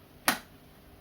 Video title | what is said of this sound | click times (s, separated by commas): Nexx X-Vilitur 1 year of heavy use | then you hear the click. | 0.3 s